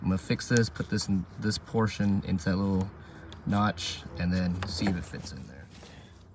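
During fuel pump replacement on a 2013 Toyota Corolla, a small plastic retaining tab of the fuel pump assembly is being handled toward its notch and groove in the fuel pump module housing while a man talks. Faint handling noise sits under the speech, and the clip ends before the tab goes home, so nothing has seated or clicked yet.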